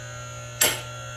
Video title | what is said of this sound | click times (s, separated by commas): Harbor Freight Vehicle Lift | There's the safety mechanism. You can hear it clicking. | 0.6 s